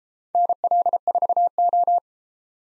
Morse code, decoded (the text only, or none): NL4O